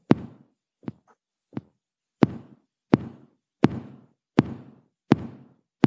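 Tapped imitation of an adult heartbeat in regular sinus rhythm, around 85 beats per minute, each beat a sharp knock followed by a short low rumble.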